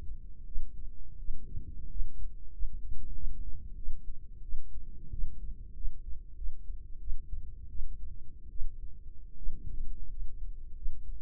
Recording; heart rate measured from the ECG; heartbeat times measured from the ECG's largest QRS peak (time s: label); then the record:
heart sounds by microphone in the right ear; 87 bpm
0.46 s: heartbeat
1.18 s: heartbeat
1.89 s: heartbeat
2.52 s: heartbeat
3.14 s: heartbeat
3.77 s: heartbeat
4.43 s: heartbeat
5.11 s: heartbeat
5.75 s: heartbeat
6.36 s: heartbeat
7.00 s: heartbeat
7.69 s: heartbeat
8.50 s: heartbeat
9.37 s: heartbeat
10.10 s: heartbeat
10.75 s: heartbeat
From the record:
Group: healthy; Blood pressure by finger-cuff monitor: 96/47 mmHg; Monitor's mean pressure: 62 mmHg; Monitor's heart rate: 87 bpm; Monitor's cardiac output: 9 L/min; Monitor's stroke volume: 104 mL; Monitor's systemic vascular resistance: 490 dyn s/cm5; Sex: female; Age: 22 years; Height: 157 cm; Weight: 47.6 kg